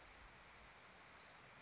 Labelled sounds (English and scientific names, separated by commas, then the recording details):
Orange-crowned Warbler (Leiothlypis celata)
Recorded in Sonoma County, California